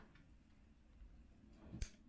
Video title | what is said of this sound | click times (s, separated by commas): LA SÉRIE 125 YZ #23 MONTAGE MOTEUR FINAL | vous avez entendu le clic ce alors | 1.8 s